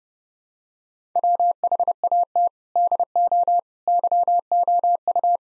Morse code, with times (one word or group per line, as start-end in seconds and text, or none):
1.2-2.5 WHAT
2.8-3.6 DO
3.9-5.4 YOU